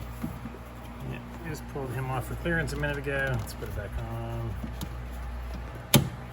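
On a Porsche Cayenne Turbo 958 during a valve cover gasket replacement, an engine bay component that was removed earlier for clearance is put back onto the engine while someone talks. One loud, sharp snap is heard at 5.9 s as the part seats back in place.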